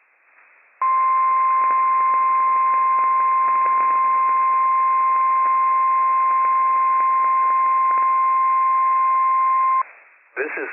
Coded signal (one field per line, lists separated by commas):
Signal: Emergency Alert System (SAME) tones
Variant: 1050 Hz attention tone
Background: speech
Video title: WWF56 Required Weekly Test from NWS Pendleton, Oregon - EAS #319 - 10:31 AM PST 12/27/23